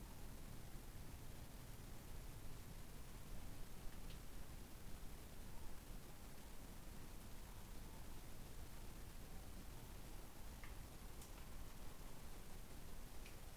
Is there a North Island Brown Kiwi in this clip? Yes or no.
no